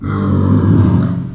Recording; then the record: squeal of a Yucatan mini pig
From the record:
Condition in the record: after surgery on the right vocal fold (resection and tissue-engineered implant); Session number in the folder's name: 13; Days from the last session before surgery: 113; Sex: female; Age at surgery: 19 weeks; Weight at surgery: 25 kg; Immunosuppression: prednisolone